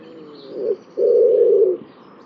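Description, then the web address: Bird giving a low coo: a short soft note, then a long, steady, hollow note of under a second. "cianscape birddata Deverinetal 2025 Bird Only"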